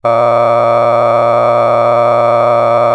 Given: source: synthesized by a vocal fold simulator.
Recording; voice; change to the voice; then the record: sustained vowel; male; a random mix of aspiration noise, stiffness perturbation and strain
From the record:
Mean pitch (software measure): 118 Hz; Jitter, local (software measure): 3.27%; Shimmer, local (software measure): 8.3%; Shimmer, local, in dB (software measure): 0.74 dB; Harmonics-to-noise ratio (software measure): 10.1 dB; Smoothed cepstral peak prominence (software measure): 15.8 dB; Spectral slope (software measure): -16.4 dB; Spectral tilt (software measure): -11.9 dB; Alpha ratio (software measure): -6.9 dB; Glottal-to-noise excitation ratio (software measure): 0.985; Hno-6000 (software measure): 2.3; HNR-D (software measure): 21.0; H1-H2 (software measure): 4.3 dB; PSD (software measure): 2.9e-04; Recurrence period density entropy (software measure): 0.108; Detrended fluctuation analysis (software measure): 0.0462